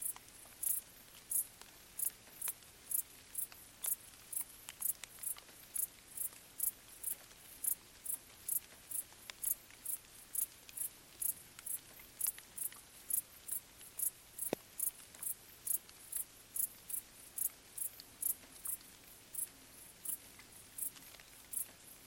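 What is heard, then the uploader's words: Crickets chirp in a steady, regular pulse of thin, very high bursts, about two or three per second throughout. Faint scattered ticks and taps of light rain fall between them, with one sharper drip near fifteen seconds over a quiet low hum. A gentle soundscape of crickets stridulating late at night whilst gentle summer rain falls on the surrounding vegetation. As I sat quietly to record along an abandoned railway track in Bad Boll, Baden-Württemberg, the nearby village remains in silence. Recorded by Colin Hunter. Crickets in gentle summer rain.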